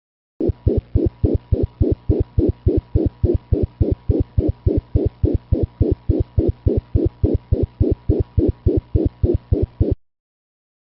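Rapid, regular heartbeat with a continuous whooshing murmur heard at the left sternal border in a dyspneic cat.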